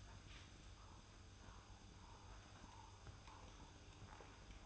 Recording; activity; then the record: daily activity, microphone in the room; make coffee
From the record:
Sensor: 2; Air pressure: 994.8 hPa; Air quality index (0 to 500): 55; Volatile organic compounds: 1 ppm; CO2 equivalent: 902 ppm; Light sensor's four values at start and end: 14/48/18/18 and 15/49/19/18